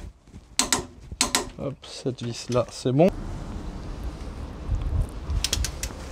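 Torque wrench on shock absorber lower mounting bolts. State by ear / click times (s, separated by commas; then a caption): torque reached / 0.6 s. A torque wrench set to 110 Nm tightens a lower mounting bolt of a shock absorber (strut) on a Twingo 1, clicking sharply at 0.6 s to show it has reached torque, followed by a similar double click around 1.2 s. Someone then talks, and a quick run of light metallic ticks follows near the end.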